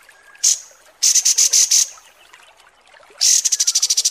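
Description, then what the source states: Kapas tembak song: loud, very high buzzy pulses in short bursts, separated by quiet gaps, ending in a rapid stuttering series. Masteran training recording used to tutor cage birds, described as a deluxe version.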